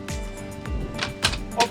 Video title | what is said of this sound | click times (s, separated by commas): Teleskopinės kopėčios VEVOR | užsifiksavo op | 0.1 s, 0.7 s, 1.2 s